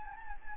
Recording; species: mosquito wingbeat signal from an infrared sensor; Anopheles gambiae